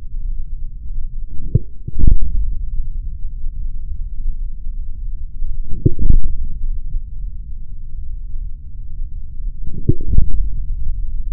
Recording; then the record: forearm muscle sounds (acoustic myography)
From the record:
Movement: forearm pronation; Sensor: system 3, bracelet of six PUI Audio POM-2738L microphones around the upper forearm, with dedicated amplification and filtering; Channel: 2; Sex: male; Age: 43 years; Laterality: right